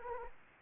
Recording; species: mosquito wingbeat signal from an infrared sensor; Anopheles arabiensis